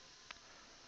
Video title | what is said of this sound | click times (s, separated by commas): Dental Implants Dentsply Ankylos With Tryin Jig - 7 of 7 | again just TI tight here clicking that's it we're | 0.3 s